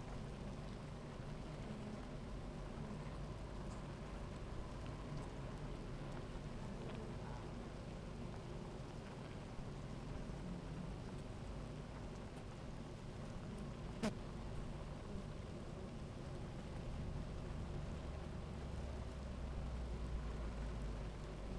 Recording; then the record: honeybee colony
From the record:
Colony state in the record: active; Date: 28 July 2017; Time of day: 16:42